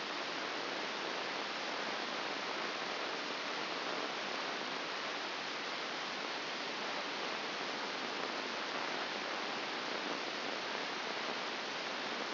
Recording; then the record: brain microelectrode recording played as sound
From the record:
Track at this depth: outside the subthalamic nucleus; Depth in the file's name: 5.501 mm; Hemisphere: left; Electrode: 2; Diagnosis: Parkinson's disease